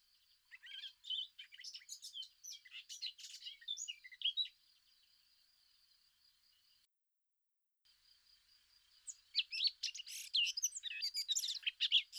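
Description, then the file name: Eurasian blackcap song: two spells of busy twittering warble over a steady high hum, with a pause between them. "Sylvia atricapilla"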